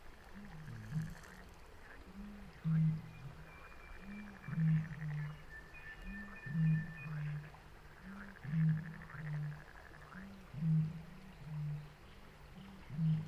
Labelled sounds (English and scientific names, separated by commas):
Water Rail (Rallus aquaticus)